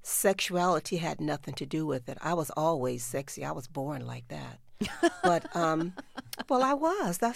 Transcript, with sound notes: Sexuality had nothing to do with it. I was always sexy. I was born like that.
(Laughter).
But - well, I was.